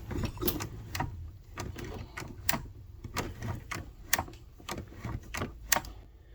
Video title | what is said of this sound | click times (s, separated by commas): Help for Superba Machines With Loose Racking | That's the click you want to hear. | 1.0 s, 2.5 s, 4.1 s, 5.7 s